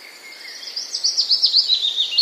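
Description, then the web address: Willow warbler song: a short cascade of clear, rapid notes slipping gradually downward in pitch, growing louder toward the end, with faint bird chatter behind. Recorded on 12 April 2009. "wroblowe kontra piecuszek 12 04 2009"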